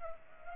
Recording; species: mosquito wingbeat signal from an infrared sensor; Culex pipiens